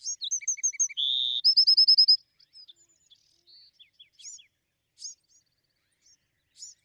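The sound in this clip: Bewick's wren song opens with quick notes, a level buzz and a rapid trill, then trails off into soft, scattered high chips.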